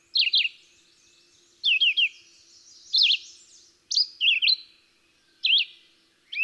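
Red-eyed Vireo song: short slurred whistled phrases in separate bursts about once every one to two seconds, with a faint low hum beneath.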